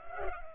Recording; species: mosquito wingbeat signal from an infrared sensor; Culex pipiens